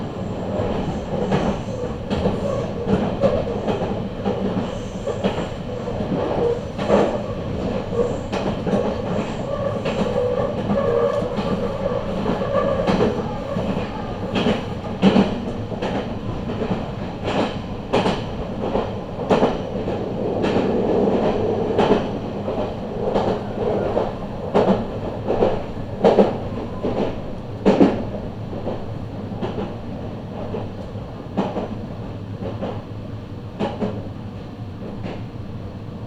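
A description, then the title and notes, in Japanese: Inside a moving train carriage, a steady low rumble runs under frequent sharp clacks of wheels over rail joints, busiest in the first half. 名古屋鉄道犬山・広見線 江南→布袋→新可児。犬山線は準急となっているもののすでに各駅停車区間に入っているので、終点まで全部停まります。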